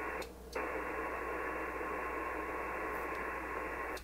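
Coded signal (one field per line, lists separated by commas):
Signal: HF data modem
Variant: PACTOR-III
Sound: steady wide rushing hiss-like data tone, short pause early, then continuous burst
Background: radio static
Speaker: how robust the Packour protocol is that even with all that static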